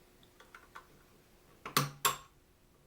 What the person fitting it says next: There you go, you hear it click.